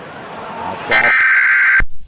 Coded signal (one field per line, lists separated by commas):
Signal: Emergency Alert System (SAME) tones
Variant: header bursts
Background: speech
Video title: EAS) REQUIRED MONTHLY TEST SIMULATION.